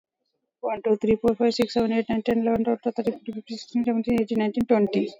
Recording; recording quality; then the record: counting at a fast pace; moderate, slight background noise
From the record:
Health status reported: COVID-19 positive, no symptoms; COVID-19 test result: positive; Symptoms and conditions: cough, cold, fever, muscle pain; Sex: female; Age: 35 years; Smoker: no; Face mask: worn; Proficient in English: yes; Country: India